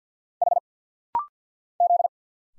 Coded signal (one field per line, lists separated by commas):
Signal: Morse code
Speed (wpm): 50 wpm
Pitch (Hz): 700 Hz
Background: none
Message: H Z